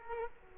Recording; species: mosquito wingbeat signal from an infrared sensor; Culex quinquefasciatus